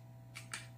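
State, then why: Seated. A plastic door or latch is pressed into place on a GoPro Hero 11 Black action camera body during unboxing. Two short, sharp clicks sound at 0.4 s and 0.5 s over a steady low hum, the second louder. The latch locks in and is seated.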